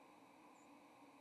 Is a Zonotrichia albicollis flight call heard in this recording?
yes